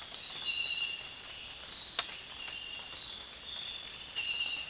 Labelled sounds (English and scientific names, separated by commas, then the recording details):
none
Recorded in dense forest near Puerto Asís, Putumayo, Colombia, on 25 June 2025 at 05:00
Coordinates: 0.466, -76.327
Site GP04